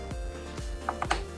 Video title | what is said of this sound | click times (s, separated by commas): How to Build Your Own Gaming PC Step-by-Step MADE EASY! | we heal that you'll hear the clicks and this little this will go back on top of the ramp yep | 0.9 s, 1.0 s, 1.1 s